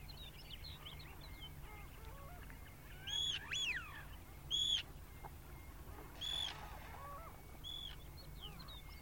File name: arctic tern song